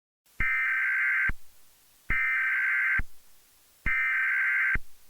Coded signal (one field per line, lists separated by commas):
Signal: Emergency Alert System (SAME) tones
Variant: header bursts